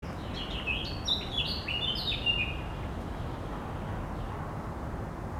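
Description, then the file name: Eurasian blackcap warbling briefly: a hurried jumble of bright, chirping notes lasting about two seconds, then only a steady low background roar. "Sylvia atricapilla"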